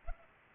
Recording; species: mosquito wingbeat signal from an infrared sensor; Culex pipiens